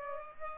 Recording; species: mosquito wingbeat signal from an infrared sensor; Culex pipiens